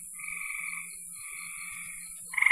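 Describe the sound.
Frog trilling, a soft pulsed rattling call running through most before a louder trill bursts in at the end, over a steady high-pitched hiss.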